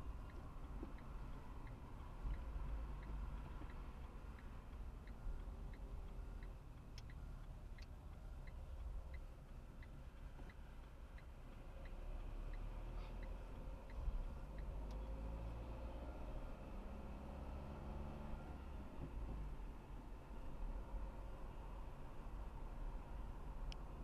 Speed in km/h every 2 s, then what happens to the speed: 28, 22, 20, 17, 15, 18, 25, 32, 38, 36, 38, 39.
0-9 slows to 15. 9-24 speeds up to 39.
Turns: 5-12.